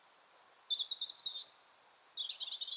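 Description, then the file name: European robin song: a descending thin whistle flowing into a warbled run, a sustained very high note, then a fast tinkling trill. "Erithacus rubecula"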